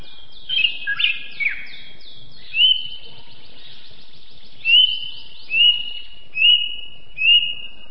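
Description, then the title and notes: Greater green leafbird song: a jumble of tangled chirps, then clear whistled phrases each with a sharp upslur and a held note, repeated roughly every second. Singing presented as champion-level birdsong. "Kicau Burung Cucak Ijo Juara. Suara kicauan burung cucak ijo"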